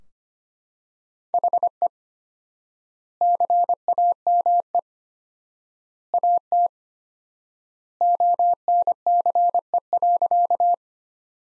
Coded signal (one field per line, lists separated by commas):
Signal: Morse code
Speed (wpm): 25 wpm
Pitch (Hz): 700 Hz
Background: none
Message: HE CAME AT ONCE.